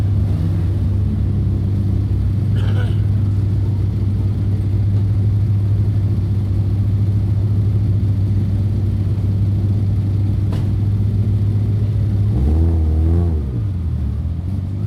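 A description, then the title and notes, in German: Cars' engines hum in a steady low drone, with a brief rev that dips and rises near the end, plus a couple of short knocks. Die Quelle der absurden Autos war la Piazza Piccola di Sassuolo. Hab' ich also dort die startenden Autos aufgenommen und gestaunt, wie unterschiedlich die doch klingen.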